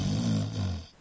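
A dog snoring, a low rumbling snore that fades at the end.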